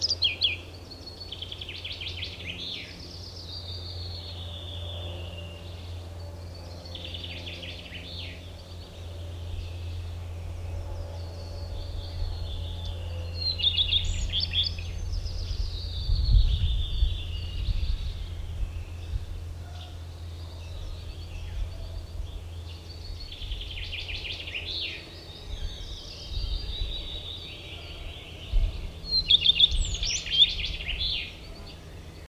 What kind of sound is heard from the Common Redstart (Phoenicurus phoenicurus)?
song